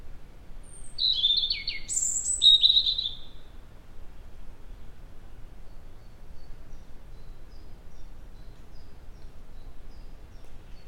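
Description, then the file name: European robin singing one short, high phrase of tumbling whistles and squeaky trills, followed by several seconds of quiet background hiss. "Erithacus rubecula"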